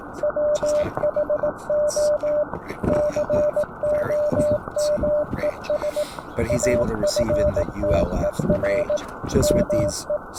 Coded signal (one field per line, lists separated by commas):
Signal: Morse code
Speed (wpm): 18 wpm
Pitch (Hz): 600 Hz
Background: speech, radio noise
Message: WHO COMES AFTER ME